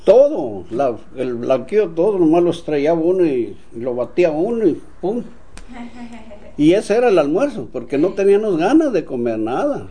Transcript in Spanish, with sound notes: Todo, el blanquillo todo, nomás lo estrellaba uno y lo batía uno y ¡pum! (risas) Y ese era el almuerzo, porque no teníanos ganas de comer nada.